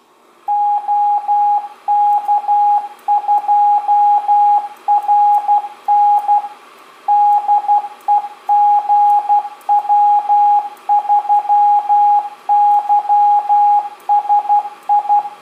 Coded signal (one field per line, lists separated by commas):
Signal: Morse code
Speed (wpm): 12 wpm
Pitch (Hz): 820 Hz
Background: radio noise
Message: OK2RN DE GW3YSI